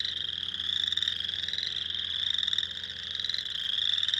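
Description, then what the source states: Spring peeper chorus: high, sharp peeps overlapping steadily into a continuous ringing sound. Recorded 2021-04-06.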